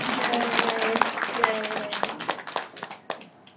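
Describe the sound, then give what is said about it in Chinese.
An audience breaks into applause for a man who has shared his experience, a dense patter of many hands clapping that thins into scattered, separate claps and fades out over a few seconds, with faint voices underneath at the start. “是一位男士分享啊，大家给他点掌声。”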